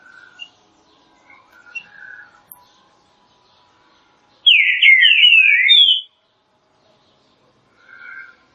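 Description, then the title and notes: Green-winged saltator: quiet warbled notes, then one strong phrase of tumbling, downward-sliding whistles lasting about a second and a half. Classic song, used for training. "Canto Clássico Trinca Ferro TREINAMENTO. trinca fero"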